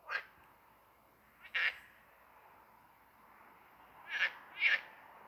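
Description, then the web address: Edible frog calls: short, rasping bursts, two near the start and a closely spaced pair near the end, separated by quiet stretches. "Amphibien Froschlurche Stimmen. Andreas Zahn Teichfrosch"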